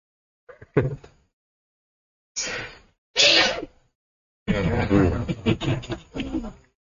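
A short intake and burst, then two loud, harsh sneeze-like blasts in quick succession, followed by a person talking for a couple of seconds.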